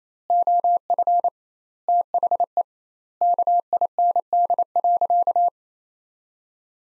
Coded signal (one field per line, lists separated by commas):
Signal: Morse code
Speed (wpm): 28 wpm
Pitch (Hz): 700 Hz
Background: none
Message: OF THE KIND.